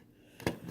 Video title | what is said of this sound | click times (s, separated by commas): Transformers G1 Hot Rod Walmart reissue. | and that's supposed to snap into place there we go | 0.5 s